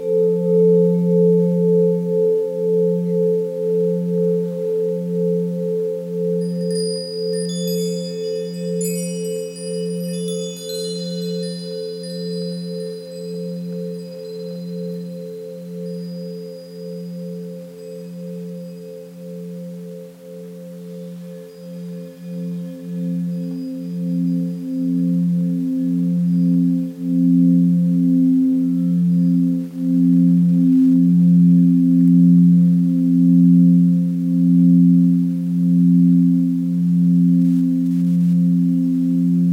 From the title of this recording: Tibetan Singing Bowls